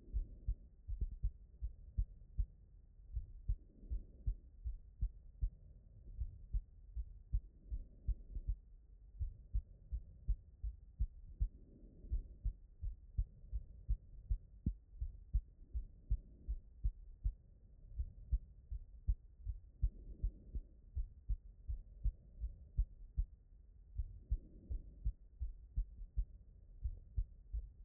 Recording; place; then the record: heart sounds by stethoscope; aortic valve (AV)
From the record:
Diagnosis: HFrEF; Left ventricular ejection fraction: 33%